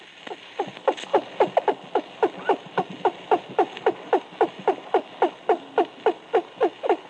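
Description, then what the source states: Porpoises give a steady series of short, downward-sweeping chirps, about three or four a second, evenly spaced, over a faint steady hiss. A school of porpoises underwater; the species grows to 5 to 8 feet and is found in both the Atlantic and Pacific.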